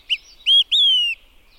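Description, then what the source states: Olive-sided Flycatcher song in three whistled notes, short then rising then long and sliding downward, sung once with nothing else audible. Song rendered as 'quick three beers'.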